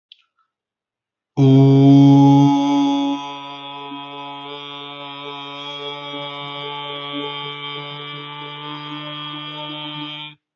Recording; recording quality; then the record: sustained vowel as in boot; excellent, no background noise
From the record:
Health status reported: healthy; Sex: male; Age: 21 years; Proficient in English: no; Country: India